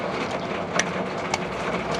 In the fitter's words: hear the snap and then you put this